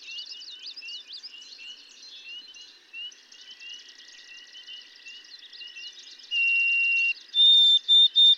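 White-throated sparrow: other birds chattering and twittering at length, then white-throated sparrow whistles: one long steady note followed by higher, briefly repeated notes.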